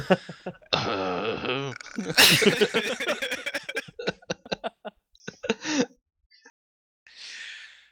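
A string of rough, throaty coughs and gasping breaths comes in uneven bursts, some strained and voiced, followed by a pause and one final breathy huff.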